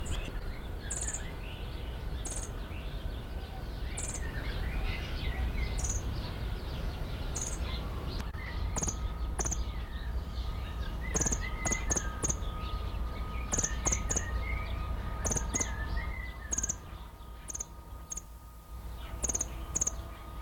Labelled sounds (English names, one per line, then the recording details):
Red Fody
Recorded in captivity
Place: Zoo Berlin, Berlin, DE
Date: 1992-08-01 11:10
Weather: sonnig, 22-26°C
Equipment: Marantz CP 430, Sennheiser ME 80, Kopie Tesla B 116
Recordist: Tembrock, Günter